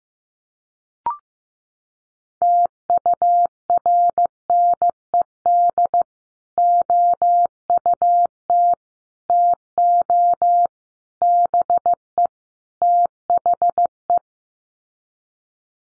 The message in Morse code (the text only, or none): TURNED OUT TO BE THE